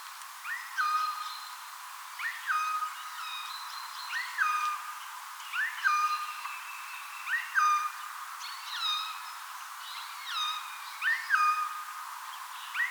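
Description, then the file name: Eurasian jay giving mewing calls, each rising sharply then dropping into a steady held tone, repeated roughly every one and a half to two seconds, with faint chirps of other birds behind. "Garrulus glandarius"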